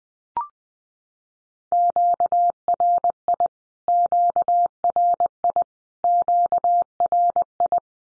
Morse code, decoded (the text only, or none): QRI QRI QRI